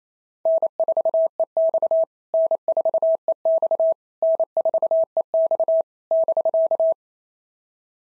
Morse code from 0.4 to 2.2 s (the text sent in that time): N4EX